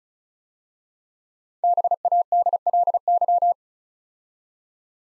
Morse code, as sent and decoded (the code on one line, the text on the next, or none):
-... .- -.. .-.. -.--
BADLY